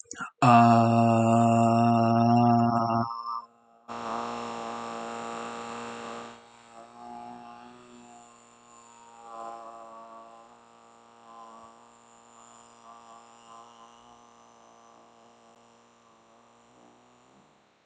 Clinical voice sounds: vowel held as long as possible; male; 20 to 29 years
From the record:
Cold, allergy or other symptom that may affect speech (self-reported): no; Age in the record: 21 years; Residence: Michigan, United States

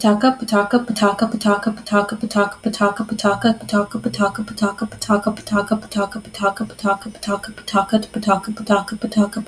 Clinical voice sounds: repeated syllables /pa ta ka/; female; 20 to 29 years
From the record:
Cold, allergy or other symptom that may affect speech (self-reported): no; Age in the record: 24 years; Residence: Texas, United States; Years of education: 12

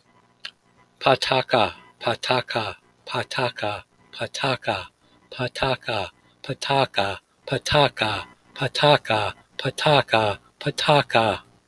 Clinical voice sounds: repeated syllables /pa ta ka/; male; 50 to 59 years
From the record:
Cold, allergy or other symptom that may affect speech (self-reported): no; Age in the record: 55 years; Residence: Florida, United States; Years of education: 18

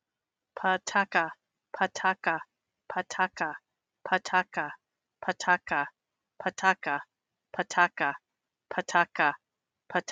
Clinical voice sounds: repeated syllables /pa ta ka/; female; 50 to 59 years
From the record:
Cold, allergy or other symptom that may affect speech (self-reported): no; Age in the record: 57 years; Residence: Michigan, United States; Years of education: 16

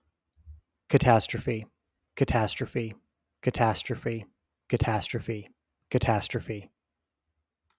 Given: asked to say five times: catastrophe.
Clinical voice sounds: repeated word; male; 30 to 39 years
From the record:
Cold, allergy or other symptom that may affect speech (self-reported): no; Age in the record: 38 years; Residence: New York, United States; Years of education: 18

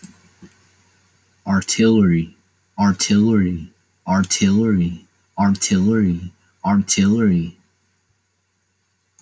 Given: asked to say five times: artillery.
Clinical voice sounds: repeated word; male; 20 to 29 years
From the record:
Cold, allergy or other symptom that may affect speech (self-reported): no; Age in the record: 22 years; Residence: Tennessee, United States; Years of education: 14

